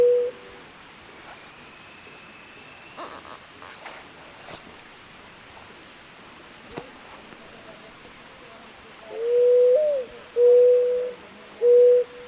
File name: zenaida doves